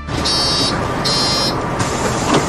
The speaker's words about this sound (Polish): W tym autobusie nie trzeba kasować biletów. Można za to dostać ciepłą herbatę i pomoc w znalezieniu noclegu. Na ulicę Warszawy wyjechał specjalny autobus linii MPP. Autobus dla bezdomnych.